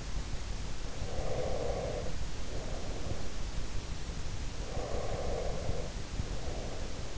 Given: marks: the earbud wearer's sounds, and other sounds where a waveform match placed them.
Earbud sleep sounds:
sounds in sleep by an in-ear microphone; breath
1.08-3.49 s: breath
4.61-7.18 s: breath

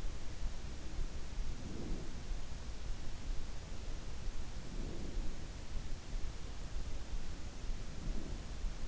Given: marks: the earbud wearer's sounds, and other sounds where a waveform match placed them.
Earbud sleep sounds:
sounds in sleep by an in-ear microphone; breath
1.58-2.30 s: breath
4.55-5.44 s: breath
7.70-8.77 s: breath

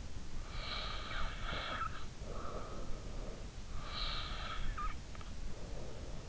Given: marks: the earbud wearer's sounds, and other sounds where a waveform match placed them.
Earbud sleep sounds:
sounds in sleep by an in-ear microphone; snoring breath
0.49-2.84 s: snoring breath
3.79-5.08 s: snoring breath

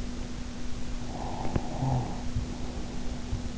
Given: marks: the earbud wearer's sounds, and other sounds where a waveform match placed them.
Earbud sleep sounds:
sounds in sleep by an in-ear microphone; snoring breath
0.53-3.44 s: snoring breath

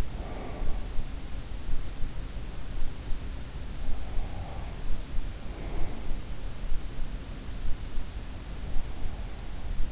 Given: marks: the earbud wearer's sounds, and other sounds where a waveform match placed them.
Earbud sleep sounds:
sounds in sleep by an in-ear microphone; breath
0.00-0.83 s: breath

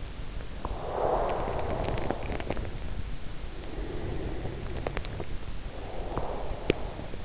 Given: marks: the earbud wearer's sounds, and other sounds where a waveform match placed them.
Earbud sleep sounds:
sounds in sleep by an in-ear microphone; breath
0.33-3.13 s: breath
3.71-7.25 s: breath

